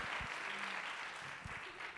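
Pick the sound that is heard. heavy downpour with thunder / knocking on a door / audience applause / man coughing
audience applause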